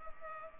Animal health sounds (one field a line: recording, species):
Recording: mosquito wingbeat signal from an infrared sensor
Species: Culex pipiens